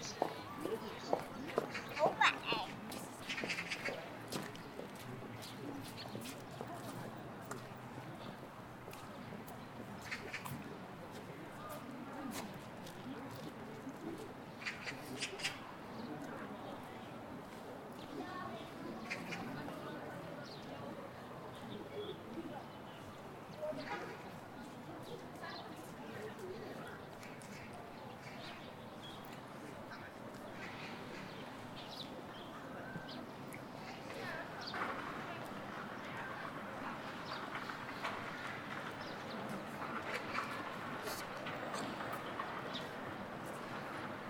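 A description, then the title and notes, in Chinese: At Ditan in Beijing, a steady murmur of many voices runs throughout, with no single speaker standing out. Sharp clicks and knocks break in often, loudest in the first few seconds, and brief bright chirps, perhaps birds, flicker above the chatter. 城市声音。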